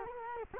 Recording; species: mosquito wingbeat signal from an infrared sensor; Culex quinquefasciatus